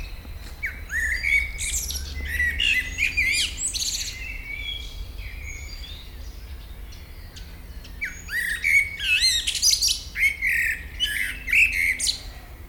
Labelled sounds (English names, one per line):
Common Blackbird